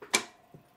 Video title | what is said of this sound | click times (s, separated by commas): THE TROUBLE WITH OLD STEAM LOCOMOTIVES - PART #20 | now it looks like this and it fits really well it's a tight fit in the hole and snaps in place | 0.2 s